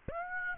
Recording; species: mosquito wingbeat signal from an infrared sensor; Aedes aegypti